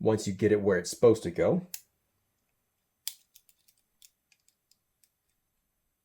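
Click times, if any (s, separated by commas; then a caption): 3.1 s. Someone talks, then after a pause a pick from a Sparrows Escort folding lockpick set lifts the pin stack inside a pin-tumbler padlock under light tension. A sharp click at 3.1 s marks the third pin popping into its set position at the shear line, followed by faint small ticks. The pin is seated.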